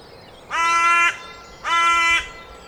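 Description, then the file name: Carrion crow calls two long, harsh, nasal caws separated by a short pause, loud over a quiet background. "Corvus corone"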